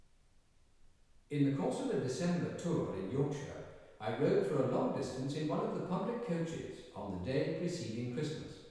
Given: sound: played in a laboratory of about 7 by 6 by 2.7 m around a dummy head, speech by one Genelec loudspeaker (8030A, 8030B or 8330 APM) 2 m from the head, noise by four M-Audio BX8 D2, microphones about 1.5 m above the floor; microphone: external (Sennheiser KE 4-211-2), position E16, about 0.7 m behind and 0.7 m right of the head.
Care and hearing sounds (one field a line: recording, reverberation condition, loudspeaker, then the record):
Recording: male speech in English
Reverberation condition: high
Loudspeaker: 30 degrees to the right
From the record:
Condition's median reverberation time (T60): about 1300 ms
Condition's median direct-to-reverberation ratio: about -4.0 dB